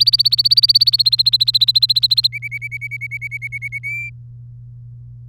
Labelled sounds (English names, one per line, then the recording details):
Domestic Canary song
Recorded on 3 May 2018 at 13:33
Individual llb3